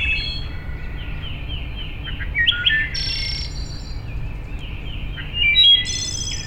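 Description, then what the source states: Wood thrush singing flutey phrases with bright high trills, other bird sounds and a steady low hum underneath. Recorded 6 May 2007.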